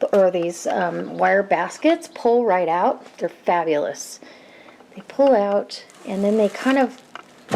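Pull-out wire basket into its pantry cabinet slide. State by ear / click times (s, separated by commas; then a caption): not seated / none. Someone talks while handling a pull-out wire spice basket in a pantry cabinet, sliding it along its slide. A brief sharp sound is heard near 7.2 seconds, but the basket has not locked into place yet; nothing has seated or clicked.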